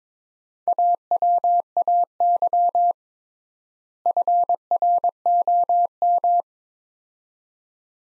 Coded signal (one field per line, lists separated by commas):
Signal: Morse code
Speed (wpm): 21 wpm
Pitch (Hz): 700 Hz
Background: none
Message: AWAY FROM